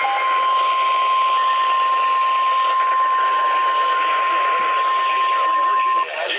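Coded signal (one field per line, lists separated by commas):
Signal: Emergency Alert System (SAME) tones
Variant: 1050 Hz attention tone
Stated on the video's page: Flash Flood Warning tones received on NOAA Weather Radio at 162.400, 162.450 and 162.500 MHz.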